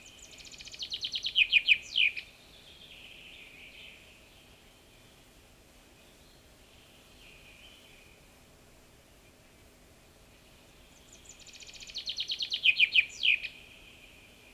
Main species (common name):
Common Chaffinch